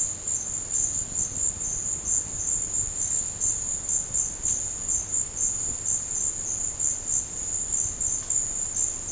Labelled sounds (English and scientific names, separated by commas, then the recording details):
none
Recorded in dense forest near Puerto Asís, Putumayo, Colombia, on 26 December 2024 at 13:00
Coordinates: 0.468, -76.322
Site G071